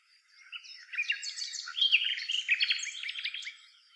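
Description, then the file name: Common nightingale song, a dense tangle of quick chirps, slurred whistles and clicking notes that swells and fades over a few seconds. "Luscinia megarhynchos"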